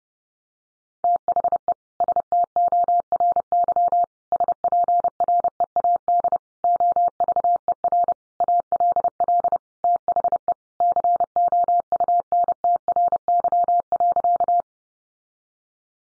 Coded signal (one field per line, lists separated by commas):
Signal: Morse code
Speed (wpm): 30 wpm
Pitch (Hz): 700 Hz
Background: none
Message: THE STORY SPREAD OVER ALL THE COUNTRY.